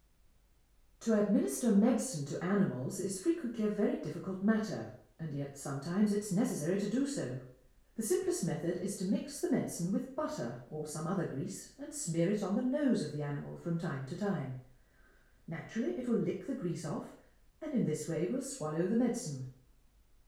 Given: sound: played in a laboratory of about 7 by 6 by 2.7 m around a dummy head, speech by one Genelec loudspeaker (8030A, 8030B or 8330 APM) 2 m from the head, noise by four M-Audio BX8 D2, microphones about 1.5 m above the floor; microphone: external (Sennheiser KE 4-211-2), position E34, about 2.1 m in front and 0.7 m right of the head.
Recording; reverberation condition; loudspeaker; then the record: female speech in English; medium; 30 degrees to the left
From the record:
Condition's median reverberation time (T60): about 510 ms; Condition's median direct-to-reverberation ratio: about -0.5 dB